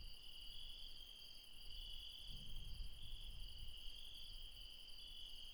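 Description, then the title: Insects trilling continuously at high pitch, an unbroken ringing drone with a soft low rumble swelling briefly in the middle. Mountain insects calling late at night near Refuge Krevatia, Barbala, Dion, Greece. "Refuge Krevatia, Μπαρμπαλά, Dion 601 00, Greece - Late night mountain insects"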